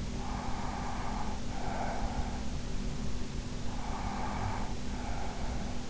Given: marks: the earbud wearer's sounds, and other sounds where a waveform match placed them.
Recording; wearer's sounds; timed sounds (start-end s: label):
sounds in sleep by an in-ear microphone; breath
0.14-2.60 s: breath
3.57-5.90 s: breath